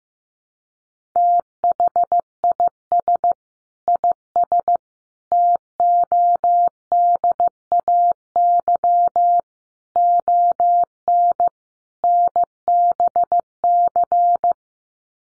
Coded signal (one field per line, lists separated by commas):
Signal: Morse code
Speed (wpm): 15 wpm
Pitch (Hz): 700 Hz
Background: none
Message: THIS IS TODAY ON NBC